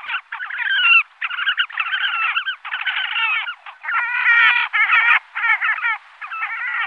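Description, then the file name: Horned grebe giving loud, nasal squealing trills in a near-continuous series of harmonic bursts, with brief pauses between phrases. "Svarthakedopping"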